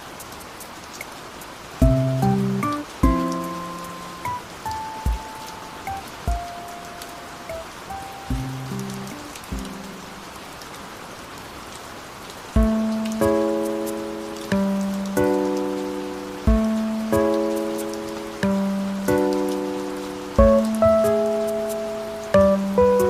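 Steady rain hiss runs underneath a gentle piano. From about two seconds a slow, sparse melody of single decaying notes plays. Around twelve seconds fuller, lower chords begin, struck at a regular pace roughly every second until the end.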